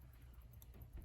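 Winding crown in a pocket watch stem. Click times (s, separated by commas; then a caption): 0.6 s. Someone pinches behind the winding crown on the stem of a vintage pocket watch (a 1915 Elgin or a 1900s Waltham) instead of pulling it. The crown gives a crisp, solid click at 0.6 s, followed by a fainter tick at 0.8 s over a low background rumble. The crown has clicked out into the hand-setting position.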